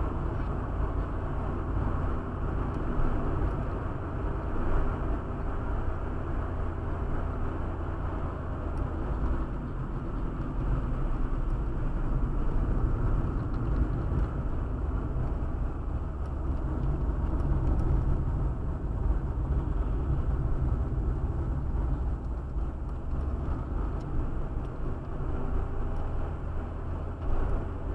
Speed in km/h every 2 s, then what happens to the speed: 62, 62, 58, 59, 58, 49, 44, 41, 40, 38, 41, 36, 45, 47.
0-8 steady at about 59. 8-18 slows to 38. 22-28 speeds up to 47.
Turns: 18-22.